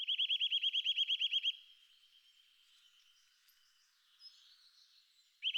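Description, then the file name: Eurasian nuthatch delivering a long rapid trill of ringing whistles for about a second and a half, then faint background sounds, and another trill starting. "boomklever"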